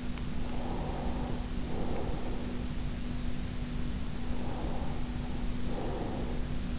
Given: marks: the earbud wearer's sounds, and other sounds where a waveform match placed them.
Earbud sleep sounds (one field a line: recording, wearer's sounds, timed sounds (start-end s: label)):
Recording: sounds in sleep by an in-ear microphone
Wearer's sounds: breath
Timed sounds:
0.59-2.80 s: breath
4.28-6.79 s: breath